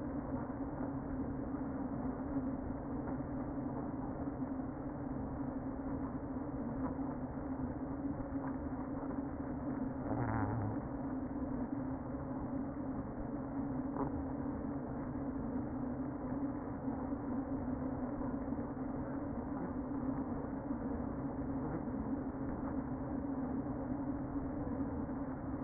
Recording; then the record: honeybee colony, microphone inside the hive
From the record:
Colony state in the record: queen present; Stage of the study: before two queens were removed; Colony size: about 60,000 bees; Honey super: yes